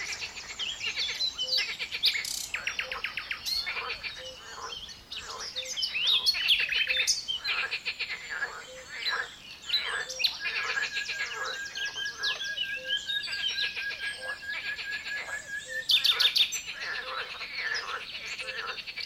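Waking pond: a dense dawn chorus of birds chirping and trilling without pause, with rapid bright calls layered over one another. From about 10 to 15 seconds a steady whistled tone holds beneath the chatter, and a short, low repeated note pulses throughout.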